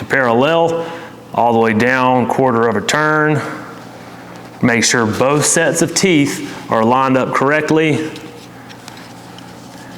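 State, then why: Not seated. Someone talks while lining up both sets of teeth on the spring tension cap of a Native Watercraft Springblade rudder accessory before pushing it into the kayak rudder shaft of a 2022 Slayer Propel Max 12.5, after setting it with a 5/16 inch Allen key. Small handling taps are heard at about 8.9 s and 9.4 s. Nothing has seated or clicked yet.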